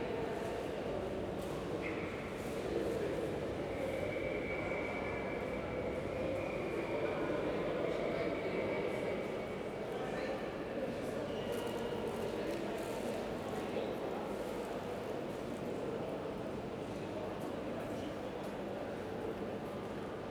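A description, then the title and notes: A busy train station concourse hums with a dense, steady wash of low rumble and murmuring voices. A high, thin tone from a train or brakes rises around two seconds in and lingers until about ten, while scattered clicks and knocks punctuate the crowd noise throughout. All recorded at Newcastle's Central Station.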